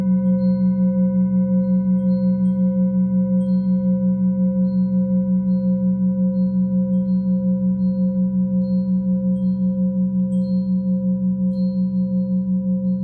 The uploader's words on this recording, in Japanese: メキシコから癒しのシンギングボウルの音色をお届け。